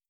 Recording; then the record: hydrophone in a shrimp aquaculture tank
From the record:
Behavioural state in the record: starved